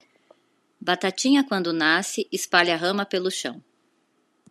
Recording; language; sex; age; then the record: short text; Brazilian Portuguese; female; 50 to 59 years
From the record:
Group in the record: control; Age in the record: 50 years